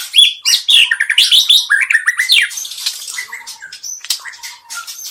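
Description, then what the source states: White-rumped shama singing a dense, rapid medley of loud whistles, trills and sharp chirps without pause. Medan type song.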